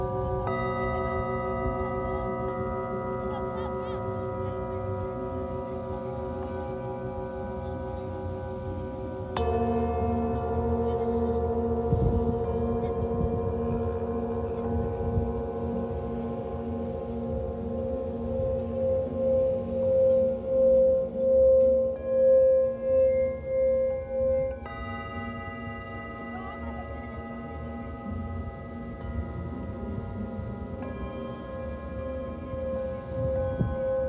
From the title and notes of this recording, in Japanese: メキシコから シンギングボウルのサウンドヒーリング ライブ。